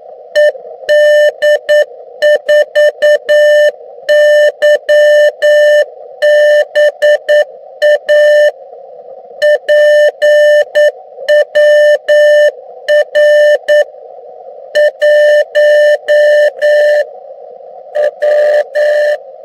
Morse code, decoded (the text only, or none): ED4YBA PWR 1 W